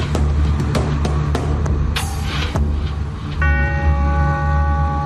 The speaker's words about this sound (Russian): На площади ударил колокол. Долгий, протяжный звук, торжественный. Мэр собирал жителей, чтобы представить им очередную партию новоприбывших.